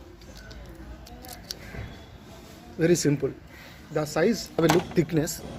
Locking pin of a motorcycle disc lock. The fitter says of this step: और जब आप इसे हटाएंगे यह पिन लॉक हो जाएगा, पहले इसे अनलॉक किया गया था, यह